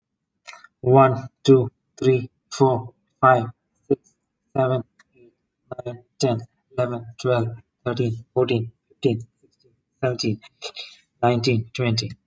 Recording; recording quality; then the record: counting at a normal pace; excellent, no background noise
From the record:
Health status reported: exposed to COVID-19, no respiratory illness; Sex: male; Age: 37 years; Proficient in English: yes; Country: India